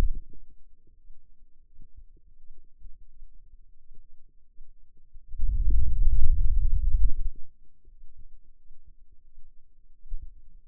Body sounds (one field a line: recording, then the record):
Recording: forearm muscle sounds (acoustic myography)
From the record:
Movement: hand opening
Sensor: system 2, bracelet of six BSWA MPA416 microphones around the upper forearm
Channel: 3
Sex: male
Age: 22 years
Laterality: right